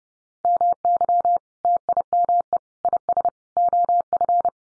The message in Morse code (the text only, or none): MY TIME IS OF